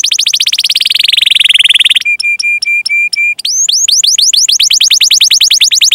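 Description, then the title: Canary singing a fast, loud rolling trill, then a run of clipped steady whistles, breaking into rapid rising and falling repeated notes. Canary singing vigorously (gacor) with its best cengkok phrasing and lavish isian fills, intended for song training by bird-keeping hobbyists. "Kenari Gacor Cengkok Terbaik Isian Paling Mewah Kenarigacor Kicaumania Kenari"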